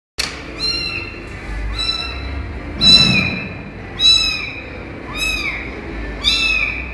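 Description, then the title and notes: Domestic cat: kitten meowing, about six short arched mews roughly a second apart, each with bright harmonics, over a low steady hum. Young kitten in an office, described as saying its first words. "Catalino!!! El gatito de Agricultura. Catalino diciendo sus primeras palabras en la oficina"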